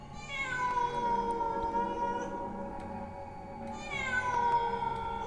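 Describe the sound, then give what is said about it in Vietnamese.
A cat yowls in two long, drawn-out wails that sound eerily like a crying child. The first cry stretches for several seconds, then a second one rises and slowly trails off. “Thế nhưng mọi lần tôi sợ tiếng mèo kêu lắm.”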